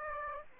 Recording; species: mosquito wingbeat signal from an infrared sensor; Aedes aegypti